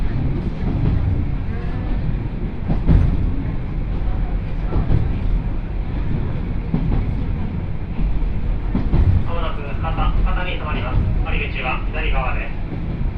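A ride aboard a train on the Yodo Line from Uwajima to Chikanaga, with a steady low rumble of the car running throughout. Voices murmur over the noise, and from about nine seconds a clearer voice, perhaps an announcement, comes through.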